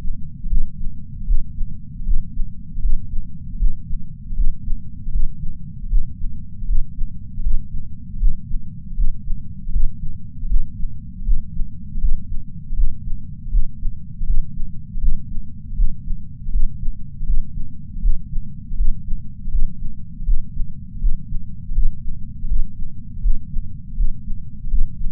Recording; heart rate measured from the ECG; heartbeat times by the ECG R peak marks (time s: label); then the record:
heart sounds by patch sensor on the chest; 79 bpm
0.45 s: heartbeat
1.22 s: heartbeat
2.01 s: heartbeat
2.78 s: heartbeat
3.55 s: heartbeat
4.32 s: heartbeat
5.08 s: heartbeat
5.85 s: heartbeat
6.63 s: heartbeat
7.39 s: heartbeat
8.15 s: heartbeat
8.92 s: heartbeat
9.68 s: heartbeat
10.44 s: heartbeat
11.21 s: heartbeat
11.97 s: heartbeat
12.72 s: heartbeat
13.47 s: heartbeat
14.22 s: heartbeat
14.97 s: heartbeat
15.72 s: heartbeat
16.48 s: heartbeat
17.22 s: heartbeat
17.98 s: heartbeat
18.73 s: heartbeat
19.47 s: heartbeat
20.21 s: heartbeat
20.96 s: heartbeat
21.70 s: heartbeat
22.44 s: heartbeat
23.18 s: heartbeat
23.92 s: heartbeat
24.66 s: heartbeat
From the record:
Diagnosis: coronary artery disease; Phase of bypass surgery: intraoperative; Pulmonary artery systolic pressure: 21 mmHg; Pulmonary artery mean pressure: 15 mmHg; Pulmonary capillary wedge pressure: 10 mmHg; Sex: male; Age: 65 years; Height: 170 cm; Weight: 65 kg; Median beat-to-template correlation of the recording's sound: 0.94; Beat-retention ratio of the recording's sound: 0.99